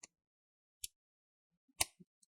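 The plastic palm rest of an HP Pavilion dv9700 laptop is pinched together with the bottom cover near the DVD drive. Sharp clicks at 0.8 s and 1.8 s mark its clips snapping home, with fainter ticks around them. The palm rest is seated.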